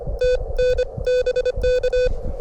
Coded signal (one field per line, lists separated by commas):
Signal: Morse code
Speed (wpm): 25 wpm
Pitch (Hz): 2500 Hz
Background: none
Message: TN BK